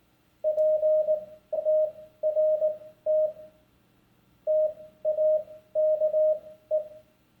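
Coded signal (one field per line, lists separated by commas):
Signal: Morse code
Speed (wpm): 19 wpm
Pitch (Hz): 620 Hz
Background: none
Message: PTRT TAKE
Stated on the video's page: Morse from a Heathkit HD-16 code practice oscillator, alongside 18 wpm code practice.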